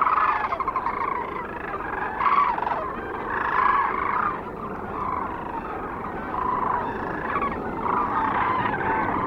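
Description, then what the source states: Sandhill Crane chorus: many overlapping trilled, rattling calls forming a continuous clamor, with a few louder bursts in the first three seconds. Recorded 9 March 2004 near Kearney, Nebraska.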